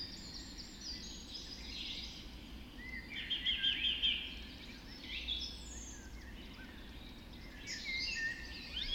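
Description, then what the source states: Dawn chorus: birds singing together at dawn, with a fast rattling trill midway, scattered high chirps and overlapping warbles throughout, low hiss underneath. Dawn chorus recorded just after dawn in the Forest of Dean.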